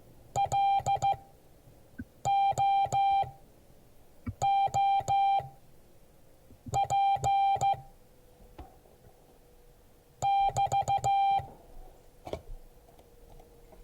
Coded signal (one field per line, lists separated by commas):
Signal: Morse code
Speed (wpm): 15 wpm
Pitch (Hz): 790 Hz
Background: music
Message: LOOP <BT>